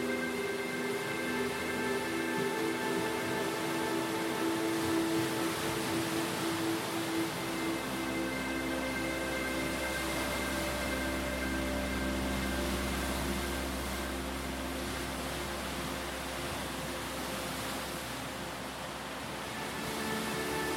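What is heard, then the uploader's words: Waves batter a rocky lakeshore in a steady, dense roar without distinct breaks, with a faint constant hum and low rumble underneath. The cresting waves continue to batter the rocky shore of Lake Superior in Spirited Waves II.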